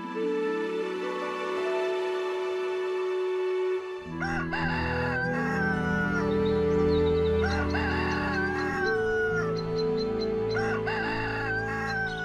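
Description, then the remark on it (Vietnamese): A rooster crows at dawn repeatedly in long, wavering, echoing calls over a steady bed of music that starts with a sustained drone and fills out after a few seconds. No one speaks. “Tiếng gà gáy sáng cất lên vang vọng.”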